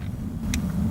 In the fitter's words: then of course put all the coil on plugs back in their hole plugged them until they click